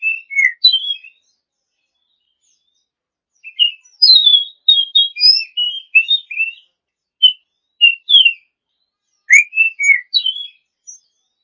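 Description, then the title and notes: Oriental magpie-robin song of bright, slurred whistles in several phrases separated by pauses. A champion bird. "Kicau Burung Kacer Juara. Suara Kicauan Burung Kacer Juara"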